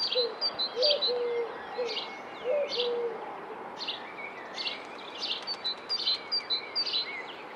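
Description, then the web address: Bird calls: bursts of high chirps and sharp notes several times a second alongside a few lower whistled phrases, over steady background hiss. "Deverinetal 2025 File origin Bird Only"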